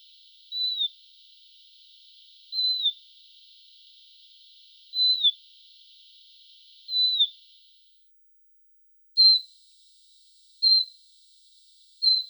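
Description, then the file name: Siberian rubythroat giving a single clear, down-slurred whistle, repeated roughly every two seconds, seven notes in all over a faint hiss. "solovey krasnosheyka golos"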